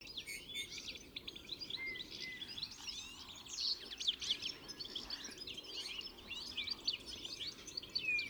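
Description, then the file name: European goldfinch calls in a busy chorus of bright, rapid twitters and thin upslurred notes, many birds calling at once without pause. "Carduelis carduelis"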